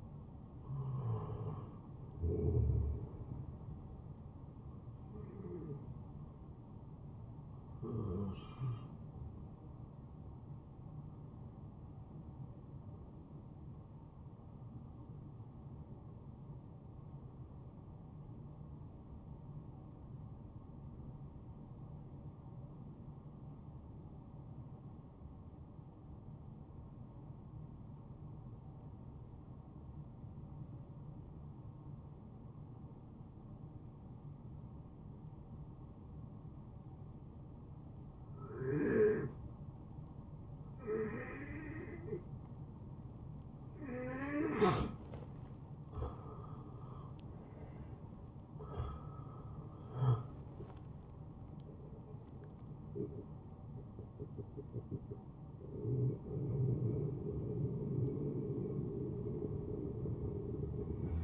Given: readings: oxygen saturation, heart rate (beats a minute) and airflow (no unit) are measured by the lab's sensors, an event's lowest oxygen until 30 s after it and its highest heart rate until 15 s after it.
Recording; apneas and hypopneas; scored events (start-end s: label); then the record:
breathing in sleep by a smartphone at the bedside; 1
6.00-61.24 s: new sleep stage, N1 (lightest sleep)
13.00-42.90 s: hypopnea (N1, oxygen 95% highest, then 88% lowest, heart rate 72 at the start, 77 highest)
From the record:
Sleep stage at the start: N2 (light sleep); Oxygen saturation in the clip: 85 to 95%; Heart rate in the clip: 64 to 81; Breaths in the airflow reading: 10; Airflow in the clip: -18.8 to 10.3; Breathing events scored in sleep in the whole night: 263 in 5.5 hours asleep